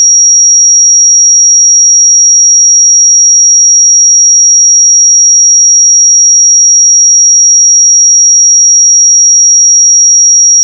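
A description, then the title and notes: A pure sine tone at 5672 Hz holds perfectly steady and bright at constant loudness for the whole clip, with nothing else present. 5672 Hz 1 Hz Interval Sine Pure Tone Frequency 441000 Sample Mono.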